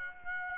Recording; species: mosquito wingbeat signal from an infrared sensor; Aedes aegypti